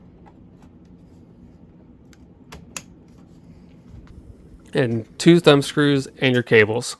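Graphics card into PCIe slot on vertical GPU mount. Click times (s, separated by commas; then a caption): 2.8 s. A graphics card is pushed into the PCIe slot of a vertical GPU mount, with faint small ticks and then a sharp slot-latch click at 2.8 s as the card seats. Someone then talks.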